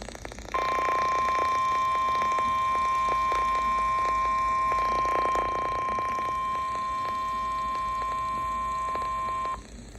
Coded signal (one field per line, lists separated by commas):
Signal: Emergency Alert System (SAME) tones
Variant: 1050 Hz attention tone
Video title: Tornado Watch 62 (EAS #47) 2023/03/03